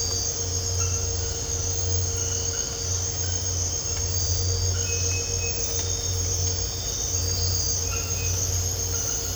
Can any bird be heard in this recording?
no